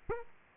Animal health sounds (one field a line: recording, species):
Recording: mosquito wingbeat signal from an infrared sensor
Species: Aedes aegypti